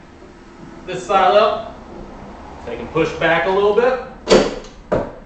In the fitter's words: Pops that one right in place there you go